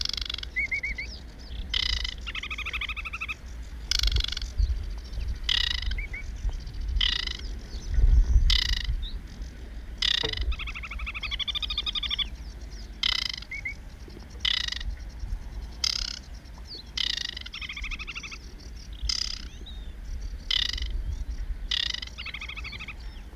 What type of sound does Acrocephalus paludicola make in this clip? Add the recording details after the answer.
song. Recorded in the wild. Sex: male. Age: adult. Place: Rietz, Havelland, Brandenburg, DE. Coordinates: 52.3722, 12.6472. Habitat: lake. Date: 1968-06-09. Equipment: Nagra III BH. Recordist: Schubert, Michael